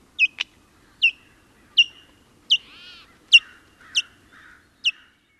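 White-tailed kite calling with short, clear, downslurred whistles about every three-quarters of a second, mixed with a longer grating note and a few softer raspy notes.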